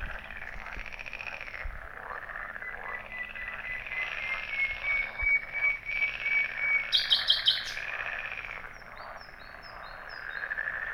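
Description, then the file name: Common nightingale song: a long drawn whistle, then a fast run of repeated notes and a few high chirps, above a steady background hum and occasional low taps. "Luscinia megarhynchos"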